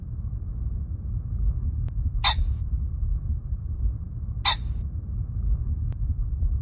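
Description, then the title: Common Pheasant producing two short, coarse crowing bursts about two seconds apart against constant low-frequency background rumble. Bird at Baiyangdian, locally called the 'seven-colored mountain chicken'. "家住白洋淀——我的观鸟笔记 “七彩山鸡”环颈雉"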